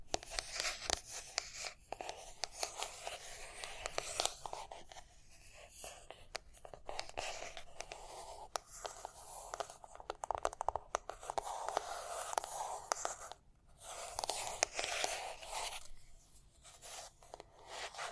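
Dense, dry scratching and tapping with crisp, bright scrapes and crunchy ticks, nearly continuous, broken by brief pauses around five, thirteen and sixteen seconds.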